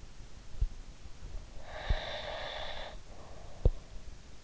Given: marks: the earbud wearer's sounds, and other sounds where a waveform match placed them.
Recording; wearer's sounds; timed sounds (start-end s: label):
sounds in sleep by an in-ear microphone; breath
1.65-3.86 s: breath